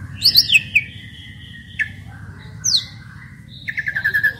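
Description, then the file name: Asian pied starling song: squeaky descending whistles, a sharp downslurred note, then a rapid run of bright chirps, over a steady low hum. Singing described as gacor; Indonesian name jalak suren. "suara burung jalak suren gacor"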